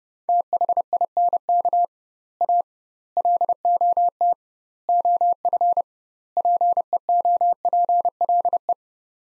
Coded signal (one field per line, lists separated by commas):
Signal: Morse code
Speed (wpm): 30 wpm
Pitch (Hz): 700 Hz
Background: none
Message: THINK A LOT OF PEOPLE